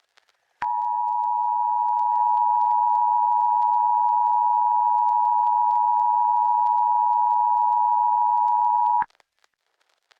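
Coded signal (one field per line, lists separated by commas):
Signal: Emergency Alert System (SAME) tones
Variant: 853 and 960 Hz attention tone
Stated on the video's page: Fictional EAS scenario, a simulated alert.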